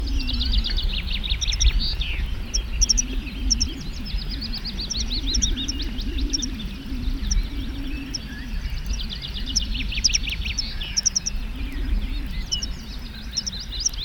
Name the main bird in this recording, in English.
Tree Pipit